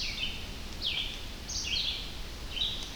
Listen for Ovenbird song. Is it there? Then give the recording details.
no. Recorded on 25 June 2016 at 06:05. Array SBT-6-76